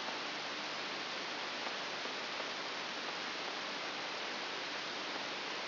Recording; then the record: brain microelectrode recording played as sound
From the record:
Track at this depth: outside the subthalamic nucleus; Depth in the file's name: 7.001 mm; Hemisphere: right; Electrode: 3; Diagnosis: Parkinson's disease